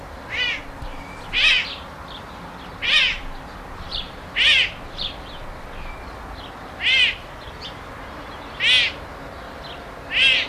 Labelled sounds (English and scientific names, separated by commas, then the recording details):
Serval (Leptailurus serval) call
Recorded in captivity
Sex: female
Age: adult
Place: Zoo Halle, Sachsen-Anhalt, DE
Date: 1993-04-26 15:20
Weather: fair, 26 °C
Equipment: Sony WM-D6C, Sony ECM-939 LT, Kopie Uher Variocord 263
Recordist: Tembrock, Günter
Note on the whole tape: Brünftiges Weibchen: Lautfolgen, mit Blick auf Kater im Nebengehege. Abstand: 10 m